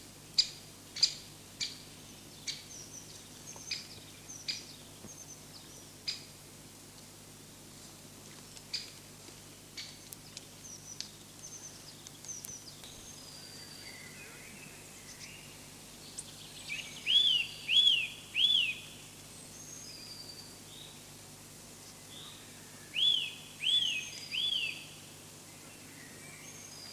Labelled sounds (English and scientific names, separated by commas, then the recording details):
Eurasian Nuthatch (Sitta europaea)
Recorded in the wild
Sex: male
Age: adult
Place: Hermsdorfer Forsten, Berlin, DE
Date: 2006-04-15 13:10
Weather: sunny, ca. 12°C
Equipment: Grundig CR 110, Sennheiser ME 80, Kopie Uher 4000 Report Monitor
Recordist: Tembrock, Günter